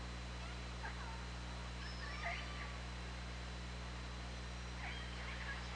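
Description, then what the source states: Orca calls, scattered faint whistles and short pulsed calls, some rising, over continuous low hum and hiss. On an OrcaLab hydrophone, 24 August 2017, at 20:29:41.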